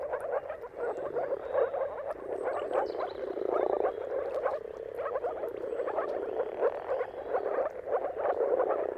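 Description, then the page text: Moor frog: low, muffled, overlapping croaks from many frogs form a steady pulsing chorus. Mating calls of a moor frog chorus at sunrise, heard at the turn of March and April depending on the weather. "Jakub-Orzecki moor frogs. Dawn’s Chorus: Mating Calls of Marsh Frogs at Sunrise - wp.earth.fm. Depending on the weather at the turn of March and April, you can witness an amazing spectacle of moor frogs"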